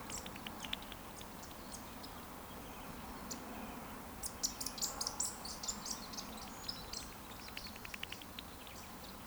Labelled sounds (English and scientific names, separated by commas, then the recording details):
Eurasian Woodcock (Scolopax rusticola) chase call
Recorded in Baden-Württemberg, Germany, on 13 June 2020 at 20:12 UTC
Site 14569, 102 m above sea level